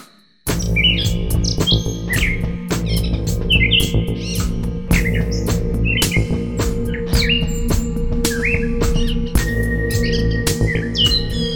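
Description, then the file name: Bird chirps, short upswept and downslurred notes repeated irregularly, mixed with frequent sharp clicks and taps and a steady low hum throughout. "speck - Birdsong"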